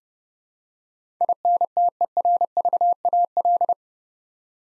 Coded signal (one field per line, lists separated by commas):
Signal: Morse code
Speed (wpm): 30 wpm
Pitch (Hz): 700 Hz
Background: none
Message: INTERVAL